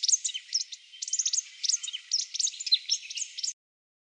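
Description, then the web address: Buff-rumped thornbill producing busy, high-pitched twittering chips in quick succession for about three and a half seconds, then silence. Garden bird in Canberra. "canberra-garden-birds australasian-warblers buff-rumped-thornbill"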